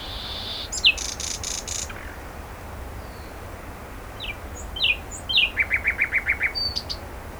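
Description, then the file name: Common nightingale song: a high buzzy burst, scattered sharp notes, then a fast run of clipped notes near the end, over steady low background hiss. "Luscinia megarhynchos"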